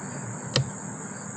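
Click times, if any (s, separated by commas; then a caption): 0.6 s. As the terminal bolt in a motorcycle battery terminal (Optima Orangetop Quad 20) is tightened, the loose nut inside rises and engages through the side hole. A single sharp click at 0.6 s stands out over a steady background hiss. The nut has snapped into place, seated nice and snug.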